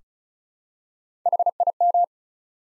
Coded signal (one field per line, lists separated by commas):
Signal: Morse code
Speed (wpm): 36 wpm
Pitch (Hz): 700 Hz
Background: none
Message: HIM